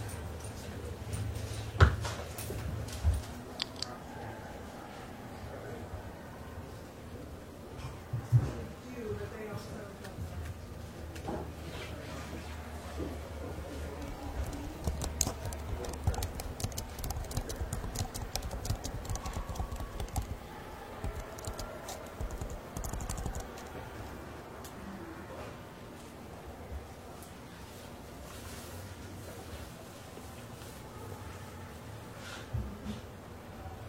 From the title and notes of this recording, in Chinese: 公共图书馆沉浸式学习 图书馆环境音 打字声 写字翻书。